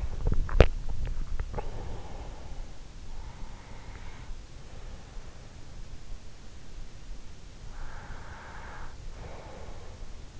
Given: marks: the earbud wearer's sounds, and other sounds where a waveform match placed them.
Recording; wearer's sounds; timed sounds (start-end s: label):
sounds in sleep by an in-ear microphone; swallowing, breath
0.00-2.52 s: swallowing
3.49-5.88 s: breath
7.75-10.40 s: breath